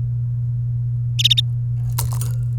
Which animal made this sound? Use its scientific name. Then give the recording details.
Serinus canaria. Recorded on 28 April 2018 at 13:53. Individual llb3